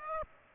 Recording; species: mosquito wingbeat signal from an infrared sensor; Aedes aegypti